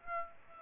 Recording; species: mosquito wingbeat signal from an infrared sensor; Aedes aegypti